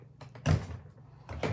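A button-making press handle is pressed down to crimp a photo and metal shell into the die. A few soft knocks and a dull thud come before a sharp click at 1.4 s as the button locks into the die.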